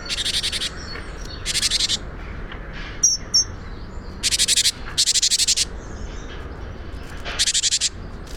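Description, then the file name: Great tit giving harsh, rapidly pulsed churrs in five bursts of under a second, with a couple of brief thin notes between them over steady background noise. "Parus major"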